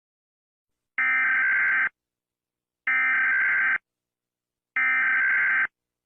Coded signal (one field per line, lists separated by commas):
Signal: Emergency Alert System (SAME) tones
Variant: header bursts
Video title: The World Ends:EAS scenario